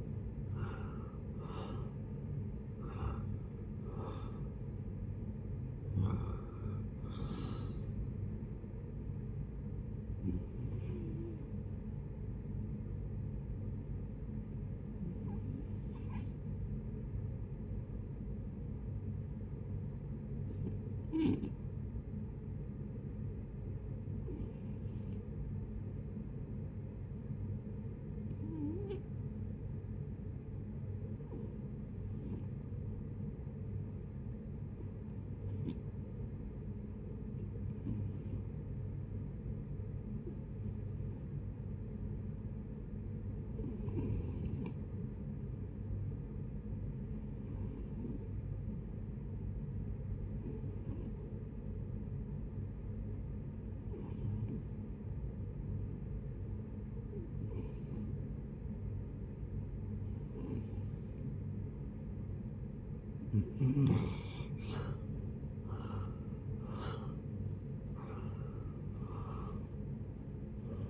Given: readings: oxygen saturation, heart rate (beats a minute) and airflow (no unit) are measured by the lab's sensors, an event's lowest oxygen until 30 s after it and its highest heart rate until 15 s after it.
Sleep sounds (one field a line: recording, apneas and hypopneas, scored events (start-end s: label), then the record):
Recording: breathing in sleep by a smartphone at the bedside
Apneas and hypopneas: 1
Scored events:
18.00-61.30 s: hypopnea (REM, oxygen 95% highest, then 67% lowest)
57.00-70.90 s: new sleep stage, N1 (lightest sleep)
From the record:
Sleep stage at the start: REM sleep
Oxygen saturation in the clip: 71 to 95%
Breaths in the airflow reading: 21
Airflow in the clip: -16.1 to 18.3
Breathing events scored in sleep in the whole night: 496 in 5.4 hours asleep